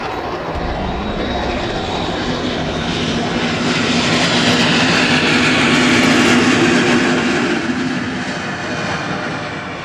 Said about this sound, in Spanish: El paso de los aviones del misterio. ¿Nos están gaseando?